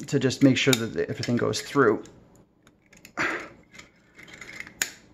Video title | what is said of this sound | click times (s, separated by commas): Assembling a 3D printed Strandbeest model | we go snaps together you should hear that and it should all be very very | 4.8 s